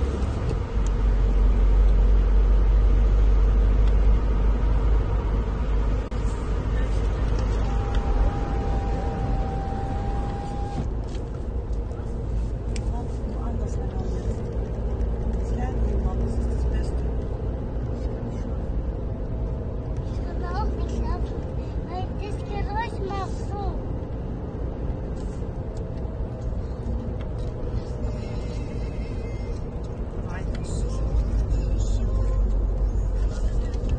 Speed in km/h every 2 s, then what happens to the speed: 52, 54, 56, 57, 59, 58, 60, 63, 65, 64, 65, 65, 64, 60, 57, 53, 50.
0-11 steady at about 56. 11-15 speeds up to 65. 15-23 steady at about 65. 23-34 slows to 50.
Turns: none.